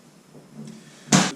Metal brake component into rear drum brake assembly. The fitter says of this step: and then it'll click into place